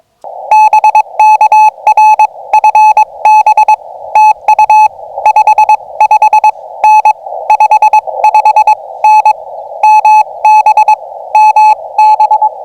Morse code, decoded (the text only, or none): BK RFB TU 55N 55N MB MB